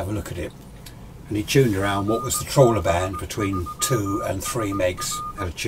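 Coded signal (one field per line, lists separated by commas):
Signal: Morse code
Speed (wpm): 18 wpm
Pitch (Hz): 1220 Hz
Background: speech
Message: GB3SR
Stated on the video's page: Received on a Lafayette KT 340 (HA-230) communications receiver.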